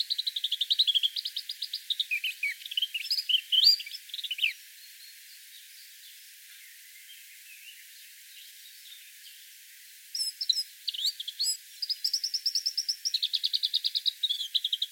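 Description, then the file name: Eurasian blackcap song: bursts of quick repeated notes and warbles for about four and a half seconds, a quiet gap of about five and a half seconds, then the chattering warble resumes. "Sylvia atricapilla"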